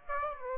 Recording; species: mosquito wingbeat signal from an infrared sensor; Aedes aegypti